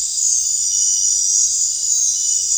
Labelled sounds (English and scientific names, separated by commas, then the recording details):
none
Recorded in dense forest near Puerto Asís, Putumayo, Colombia, on 29 June 2025 at 19:00
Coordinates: 0.466, -76.327
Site GP04